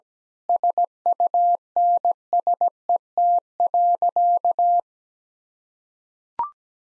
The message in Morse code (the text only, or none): SUNSET.